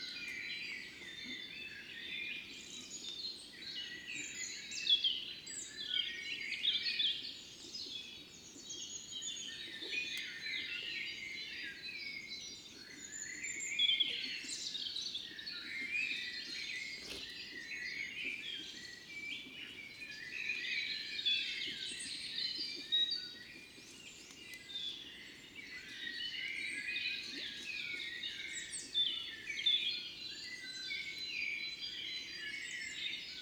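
Many birds chirp and twitter continuously in a dense, bright chorus, with overlapping calls throughout and a soft low rumble underneath.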